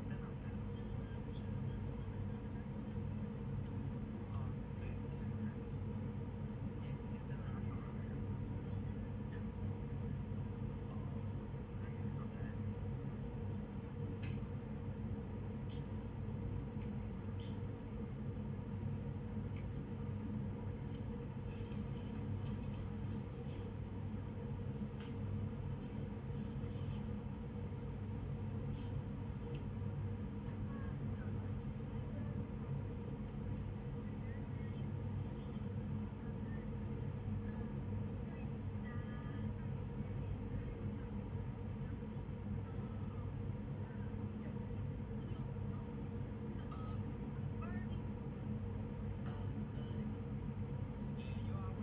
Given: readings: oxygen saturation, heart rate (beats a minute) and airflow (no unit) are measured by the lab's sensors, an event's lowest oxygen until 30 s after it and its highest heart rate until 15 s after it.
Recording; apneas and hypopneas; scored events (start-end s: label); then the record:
a person awake in a sleep study, by a smartphone at the bedside; none
0.00-51.82 s: awake
From the record:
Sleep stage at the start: awake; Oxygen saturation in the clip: 95 to 96%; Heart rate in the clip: 48 to 59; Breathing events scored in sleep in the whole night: 35 in 6.9 hours asleep